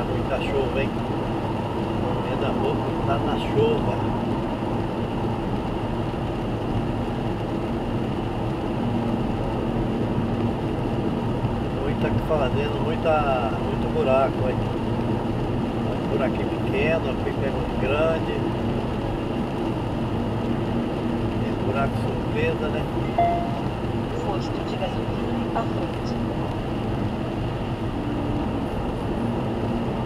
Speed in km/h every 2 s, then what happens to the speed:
98, 97, 94, 93, 92, 93, 94, 93, 95, 94, 93, 93, 91, 92, 92.
0-8 slows to 92. 8-30 steady at about 93.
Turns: none.